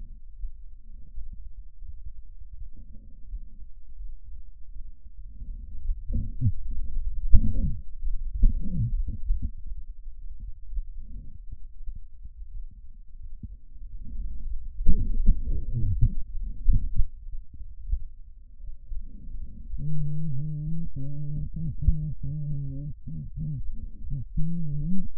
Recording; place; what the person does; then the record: lung sounds by stethoscope; left anterior apical chest; quiet breathing, then cough and speech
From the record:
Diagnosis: COPD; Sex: female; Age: 80 years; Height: 160 cm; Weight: 62 kg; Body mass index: 24.2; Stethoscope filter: bell mode